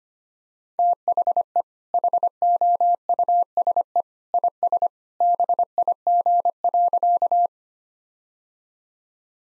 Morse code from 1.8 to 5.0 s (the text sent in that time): HOUSE IS